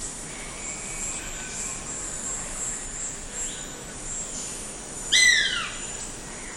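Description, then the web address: Crane hawk giving one clear whistled call that falls in pitch, with faint earlier notes and a continuous high insect drone behind. Eastern lowlands of South America. "Natures Songs S America Eastern Lowlands. Crane Hawk"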